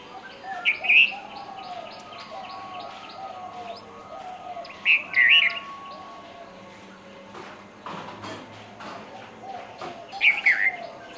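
Red-vented bulbul song: short, bubbly, chirpy phrases at about 1, 5 and 10 seconds, with soft low cooing and faint chirping from other birds in the background.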